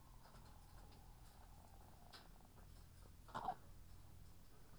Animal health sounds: poultry house recording; sick chickens (respiratory disease)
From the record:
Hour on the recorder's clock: 9

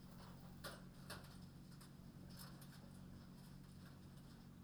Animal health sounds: poultry house recording; no chicken sound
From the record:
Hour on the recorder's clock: 21

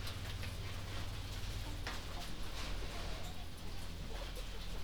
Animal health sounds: poultry house recording; healthy chickens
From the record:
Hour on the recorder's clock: 22

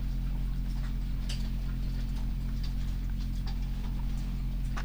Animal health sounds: poultry house recording; sick chickens (respiratory disease)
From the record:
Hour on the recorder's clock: 22

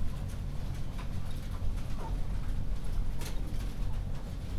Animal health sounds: poultry house recording; healthy chickens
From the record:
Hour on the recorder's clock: 21

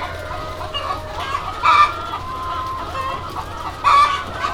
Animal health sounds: poultry house recording; healthy chickens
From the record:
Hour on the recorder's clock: 0

